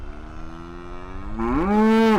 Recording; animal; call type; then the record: contact call of a hoofed animal; cattle; low-frequency (closed-mouth) or high-frequency (open-mouth) call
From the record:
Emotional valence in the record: negative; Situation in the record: full separation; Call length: 2.2 s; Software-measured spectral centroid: 1490 Hz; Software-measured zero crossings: 770 a second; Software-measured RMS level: -22 dBFS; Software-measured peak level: -13 dBFS